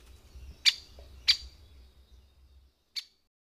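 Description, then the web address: Great spotted woodpecker calling three abrupt, piercing 'kik' notes, two close together and a third after a pause, over a quiet background. "agykontroll Madardalok Cd 2. Nagy fakopáncs"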